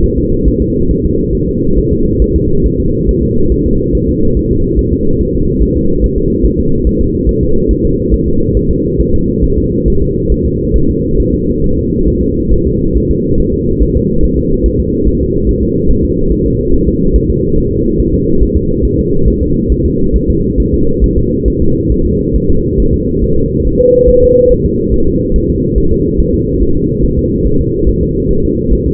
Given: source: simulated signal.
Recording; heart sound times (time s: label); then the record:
fetal heart sounds
0.04 s: S1
0.18 s: S2
0.48 s: S1
0.62 s: S2
0.91 s: S1
1.05 s: S2
1.35 s: S1
1.49 s: S2
1.78 s: S1
1.93 s: S2
2.22 s: S1
2.36 s: S2
2.66 s: S1
2.80 s: S2
3.09 s: S1
3.23 s: S2
3.52 s: S1
3.66 s: S2
3.95 s: S1
4.09 s: S2
4.37 s: S1
4.51 s: S2
4.79 s: S1
4.93 s: S2
5.21 s: S1
5.35 s: S2
5.62 s: S1
5.76 s: S2
6.04 s: S1
6.18 s: S2
6.46 s: S1
6.60 s: S2
6.87 s: S1
7.01 s: S2
7.29 s: S1
7.43 s: S2
7.71 s: S1
7.85 s: S2
8.14 s: S1
8.28 s: S2
8.57 s: S1
8.71 s: S2
9.01 s: S1
9.15 s: S2
9.44 s: S1
9.58 s: S2
9.88 s: S1
10.02 s: S2
10.32 s: S1
10.46 s: S2
10.76 s: S1
10.90 s: S2
11.20 s: S1
11.34 s: S2
11.64 s: S1
11.78 s: S2
12.08 s: S1
12.22 s: S2
12.53 s: S1
12.67 s: S2
12.96 s: S1
13.11 s: S2
13.40 s: S1
13.54 s: S2
13.83 s: S1
13.97 s: S2
14.25 s: S1
14.39 s: S2
14.66 s: S1
14.80 s: S2
15.07 s: S1
15.22 s: S2
15.49 s: S1
15.63 s: S2
15.91 s: S1
16.05 s: S2
16.32 s: S1
16.46 s: S2
16.74 s: S1
16.88 s: S2
17.16 s: S1
17.30 s: S2
17.58 s: S1
17.72 s: S2
18.00 s: S1
18.14 s: S2
18.43 s: S1
18.57 s: S2
18.85 s: S1
18.99 s: S2
19.28 s: S1
19.43 s: S2
19.72 s: S1
19.86 s: S2
20.16 s: S1
20.30 s: S2
20.60 s: S1
20.74 s: S2
21.04 s: S1
21.18 s: S2
21.48 s: S1
21.62 s: S2
21.92 s: S1
22.06 s: S2
22.36 s: S1
22.50 s: S2
22.80 s: S1
22.94 s: S2
23.24 s: S1
23.38 s: S2
23.67 s: S1
23.81 s: S2
24.09 s: S1
24.24 s: S2
24.52 s: S1
24.66 s: S2
24.94 s: S1
25.08 s: S2
25.36 s: S1
25.50 s: S2
25.78 s: S1
25.92 s: S2
26.20 s: S1
26.34 s: S2
26.62 s: S1
26.77 s: S2
27.05 s: S1
27.19 s: S2
27.47 s: S1
27.61 s: S2
27.89 s: S1
28.03 s: S2
28.31 s: S1
28.45 s: S2
28.73 s: S1
28.88 s: S2
From the record:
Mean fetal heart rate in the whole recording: 140 bpm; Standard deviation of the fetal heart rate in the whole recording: 2 bpm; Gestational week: 34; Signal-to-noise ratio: -16.4 dB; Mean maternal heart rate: 72 bpm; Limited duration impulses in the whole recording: present